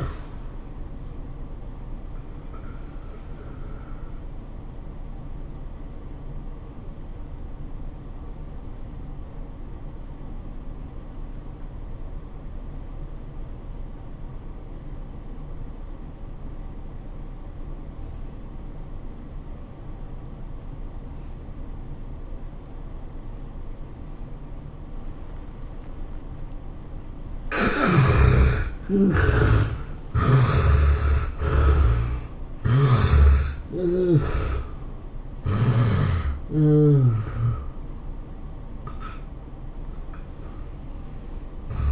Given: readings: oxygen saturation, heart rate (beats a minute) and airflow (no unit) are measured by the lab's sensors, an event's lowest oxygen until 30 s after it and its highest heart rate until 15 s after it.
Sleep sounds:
breathing in sleep by a smartphone at the bedside; 1
8.00-38.00 s: new sleep stage, N2 (light sleep)
9.00-27.10 s: obstructive apnea (N2, oxygen 96% highest, then 72% lowest, heart rate 94 at the start, 105 highest)
38.00-41.91 s: new sleep stage, N1 (lightest sleep)
From the record:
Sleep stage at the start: N1 (lightest sleep); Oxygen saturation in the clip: 72 to 96%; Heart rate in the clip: 76 to 108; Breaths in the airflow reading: 5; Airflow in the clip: -16.8 to 13.2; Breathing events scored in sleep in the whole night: 403 in 5.5 hours asleep

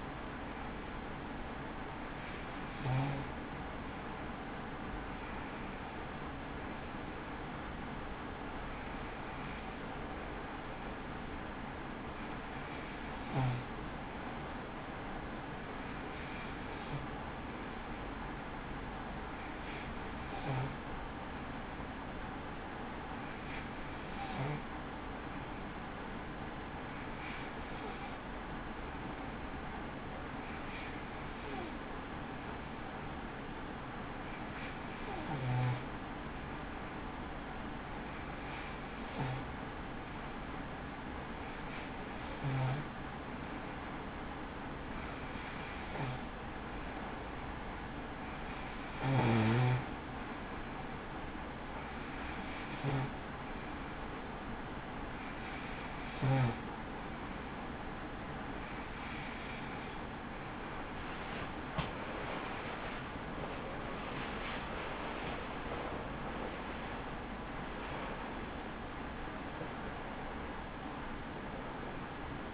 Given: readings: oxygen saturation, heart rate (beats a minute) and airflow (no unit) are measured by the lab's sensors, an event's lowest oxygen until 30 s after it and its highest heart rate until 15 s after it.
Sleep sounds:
breathing in sleep by a voice recorder at the bedside; 1
40.00-66.40 s: hypopnea (N2, oxygen 94% highest, then 93% lowest)
From the record:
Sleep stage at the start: N2 (light sleep); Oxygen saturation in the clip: 93 to 94%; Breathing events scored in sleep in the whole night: 83 in 6.1 hours asleep

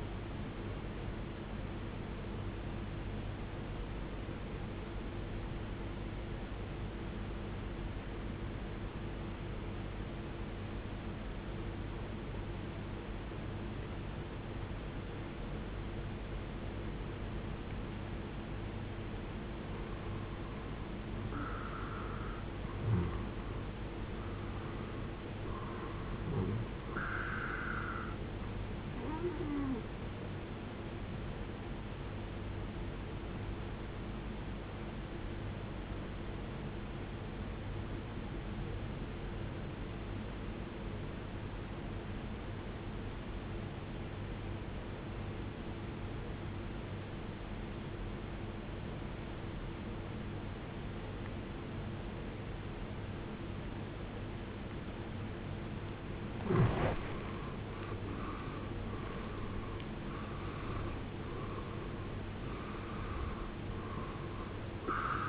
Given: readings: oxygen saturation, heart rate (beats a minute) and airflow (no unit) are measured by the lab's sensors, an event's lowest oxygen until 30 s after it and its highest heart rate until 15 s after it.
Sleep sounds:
breathing in sleep by a voice recorder at the bedside; 2
6.00-23.60 s: obstructive apnea (N2, oxygen 95% highest, then 90% lowest, heart rate 83 at the start, 83 highest)
32.00-62.00 s: new sleep stage, awake
36.00-54.40 s: obstructive apnea (scored as awake, oxygen 95% highest, then 88% lowest, heart rate 69 at the start, 75 highest)
36.00-65.28 s: awake
62.00-65.28 s: new sleep stage, N1 (lightest sleep)
From the record:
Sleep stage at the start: N2 (light sleep); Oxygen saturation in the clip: 90 to 97%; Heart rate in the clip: 54 to 91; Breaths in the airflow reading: 7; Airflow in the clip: -14.2 to 16.6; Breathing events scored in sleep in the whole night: 389 in 6.3 hours asleep

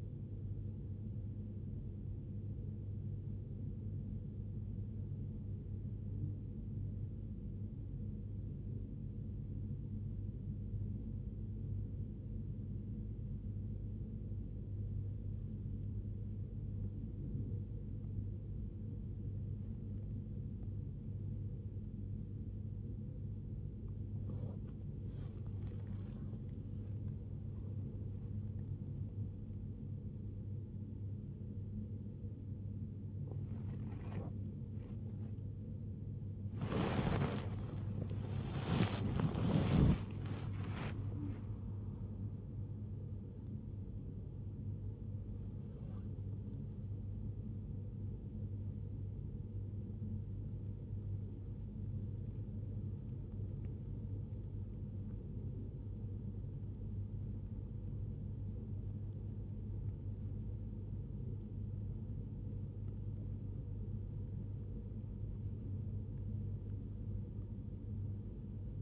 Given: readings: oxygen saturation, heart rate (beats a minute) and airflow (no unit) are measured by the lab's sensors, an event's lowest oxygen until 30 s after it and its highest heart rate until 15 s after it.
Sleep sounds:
breathing in sleep by a smartphone at the bedside; 1
3.00-20.40 s: hypopnea (N1, oxygen 94% highest, then 94% lowest, heart rate 76 at the start, 92 highest)
63.00-68.82 s: new sleep stage, N2 (light sleep)
From the record:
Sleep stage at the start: N1 (lightest sleep); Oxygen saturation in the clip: 89 to 96%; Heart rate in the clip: 64 to 96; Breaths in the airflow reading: 25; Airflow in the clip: -0.8 to 0.7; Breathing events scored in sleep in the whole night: 103 in 8.4 hours asleep

